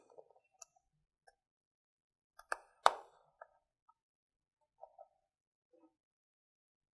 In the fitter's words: snap into place the